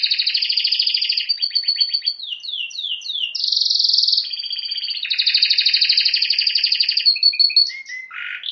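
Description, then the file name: Canary song, a continuous run of fast rattling trills and rolled phrases, with sweeping slurred notes and a sustained buzzy tour midway, all high-pitched and unbroken. "Canary Voice"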